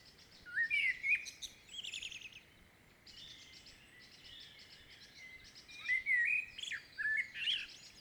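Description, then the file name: Common blackbird song: warbled fluting notes ending in a thin twitter, a softer stretch in the middle, then a second mellow phrase with squeaky high notes. "Turdus merula"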